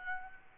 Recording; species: mosquito wingbeat signal from an infrared sensor; Aedes albopictus